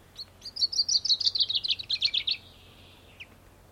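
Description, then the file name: Common chaffinch song, a rapid run of high clipped notes sliding gradually lower over about two seconds, closing with a brief flourish, then a lone note. "Fringilla coelebs"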